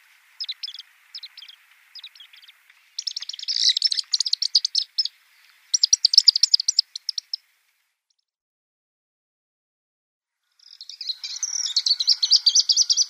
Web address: Schulze Peter Pied Kingfisher